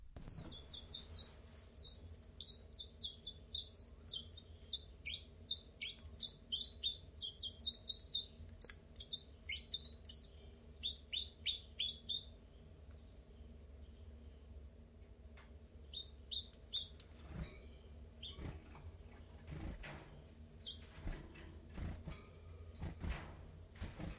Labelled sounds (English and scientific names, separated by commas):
Common Chiffchaff (Phylloscopus collybita)